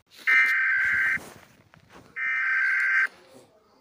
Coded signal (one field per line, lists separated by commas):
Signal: Emergency Alert System (SAME) tones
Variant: header bursts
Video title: African eas alarms